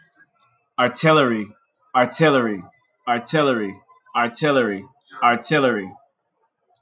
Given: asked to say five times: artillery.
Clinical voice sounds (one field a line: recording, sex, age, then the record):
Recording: repeated word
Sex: male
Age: 30 to 39 years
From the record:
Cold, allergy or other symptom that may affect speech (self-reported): no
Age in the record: 33 years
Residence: North Carolina, United States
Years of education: 12